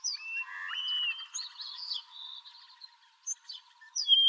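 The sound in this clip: White-crowned sparrow song: clear whistled notes near the start, then a higher rising whistle leading into buzzy, jumbled notes, with thin high chirps near the end.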